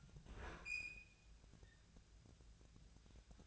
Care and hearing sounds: daily activity, microphone in the room; open fridge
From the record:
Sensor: 2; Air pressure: 1009.6 hPa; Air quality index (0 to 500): 182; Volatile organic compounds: 10 ppm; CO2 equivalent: 2264 ppm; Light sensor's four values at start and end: 27/65/28/31 and 27/65/28/31

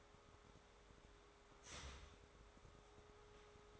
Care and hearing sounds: daily activity, microphone in the room; start toaster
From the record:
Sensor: 3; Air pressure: 1014.7 hPa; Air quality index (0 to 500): 196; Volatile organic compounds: 24 ppm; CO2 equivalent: 2807 ppm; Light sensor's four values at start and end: 4/11/4/4 and 4/11/4/4

